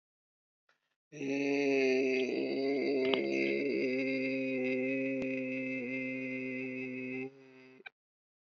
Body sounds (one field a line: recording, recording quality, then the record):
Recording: sustained vowel as in made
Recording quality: excellent, no background noise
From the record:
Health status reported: healthy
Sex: male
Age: 36 years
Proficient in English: yes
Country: India